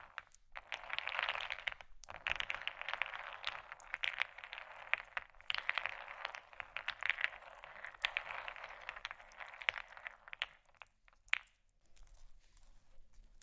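Fast ice tapping and scratching, a dense, bright rattle of quick clicks and scrapes with brief pauses near two and eleven seconds.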